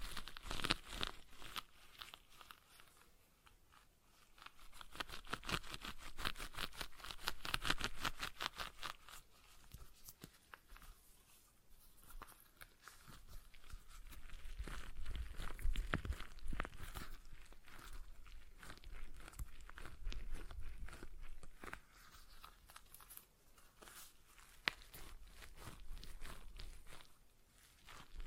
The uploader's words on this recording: ASMR Relaxing Stress Ball Sounds (No Talking).